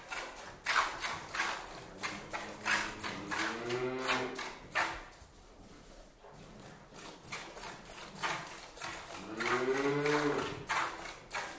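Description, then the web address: Cow mooing twice, once in the first half and again near the end, over rhythmic squirts of hand milking. One cow indoors being milked by hand, giving some loud moos. "one cow interior milked by hand with some loud moos bucket down on floor at end"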